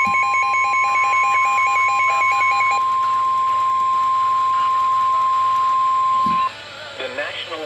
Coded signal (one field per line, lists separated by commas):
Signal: Emergency Alert System (SAME) tones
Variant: 1050 Hz attention tone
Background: speech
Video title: End Of August with a bang. | EAS Alerts 8/31/24 |EAS# 1,496-1,517